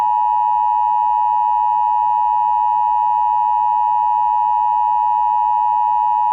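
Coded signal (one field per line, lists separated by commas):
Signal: Emergency Alert System (SAME) tones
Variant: 853 and 960 Hz attention tone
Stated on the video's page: A fictional EAS scenario alert, not a real one.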